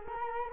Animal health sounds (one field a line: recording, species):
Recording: mosquito wingbeat signal from an infrared sensor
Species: Culex quinquefasciatus